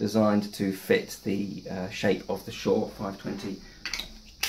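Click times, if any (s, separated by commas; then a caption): 3.9 s, 4.4 s. A Shure 520 bullet harmonica microphone shell is pushed into a plastic stand-mount clip holder made to fit its shape while someone talks. It snaps in with sharp clicks at 3.9 s and 4.4 s, seating firmly in the holder.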